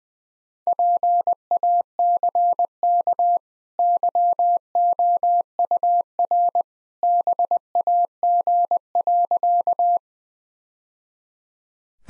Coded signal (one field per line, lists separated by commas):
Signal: Morse code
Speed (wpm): 20 wpm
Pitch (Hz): 700 Hz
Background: none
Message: PACK YOUR BAG.